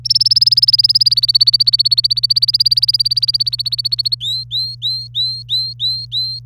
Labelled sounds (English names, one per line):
Domestic Canary song